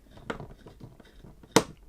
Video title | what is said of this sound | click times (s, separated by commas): BEST Budget CPU Cooler Gamdias Boreas E1 410WH ARGB Review & AMD Install Guide | there you go there's the clicks that means the threads are lined up and do maybe three turns and then | 1.6 s